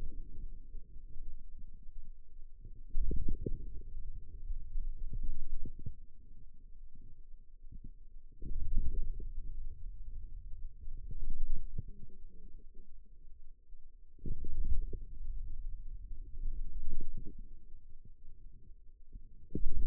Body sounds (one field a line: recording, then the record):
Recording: forearm muscle sounds (acoustic myography)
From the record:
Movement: wrist extension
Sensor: system 2, bracelet of six BSWA MPA416 microphones around the upper forearm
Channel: 2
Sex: male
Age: 22 years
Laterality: right